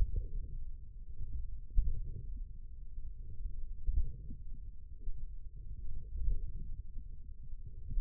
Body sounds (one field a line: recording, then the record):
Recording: forearm muscle sounds (acoustic myography)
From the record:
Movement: radial deviation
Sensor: system 1, eight BSWA MPA416 microphones around the upper forearm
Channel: 2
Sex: male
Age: 20 years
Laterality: left